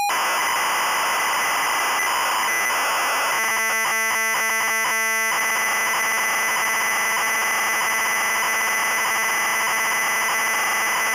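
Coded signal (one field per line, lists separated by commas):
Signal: ZX Spectrum tape loading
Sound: constant harsh buzzing noise, with a choppy harmonic burst partway through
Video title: Z23 - Crash 747 + ZX Spectrum Loading Screen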